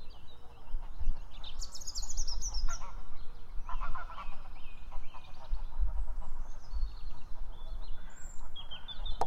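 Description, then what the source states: Goose: geese giving scattered honks and clucking calls against heavy low-pitched noise. Several geese at Felmersham.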